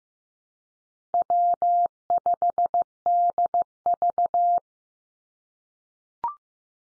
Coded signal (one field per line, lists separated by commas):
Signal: Morse code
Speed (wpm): 15 wpm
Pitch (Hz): 700 Hz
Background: none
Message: W5DV